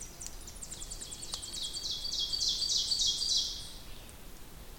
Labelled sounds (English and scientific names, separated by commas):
Ovenbird (Seiurus aurocapilla) song